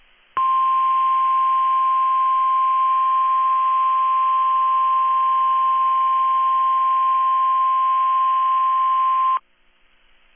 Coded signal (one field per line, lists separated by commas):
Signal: Emergency Alert System (SAME) tones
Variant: 1050 Hz attention tone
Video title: NWR Weeklies (EAS #857-#868)